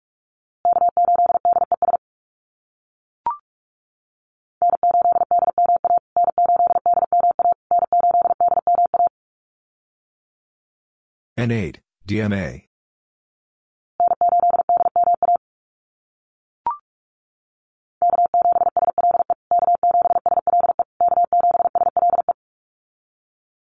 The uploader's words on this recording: USA Call Signs Repeated 3x 45wpm. The callsign is sent 3x in Morse code.